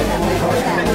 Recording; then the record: background sound without coughing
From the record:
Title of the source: Nightlife Party Simulating Party Club Noise 1 Hour